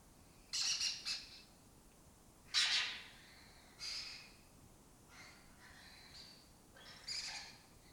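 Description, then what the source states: Lesser kestrel harsh rasping calls, several grating bursts in quick succession, then single scratchy notes spaced a second or two apart against a quiet background. Colony of migratory lesser kestrels occupying an abandoned building or house complex in Doñana; forages in West Africa, breeds in southern Europe.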